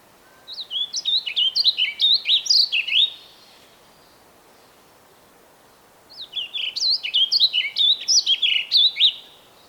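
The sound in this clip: Bird song: two quick phrases of bright, slurred, descending whistled notes, each lasting a few seconds, separated by about three seconds of quiet.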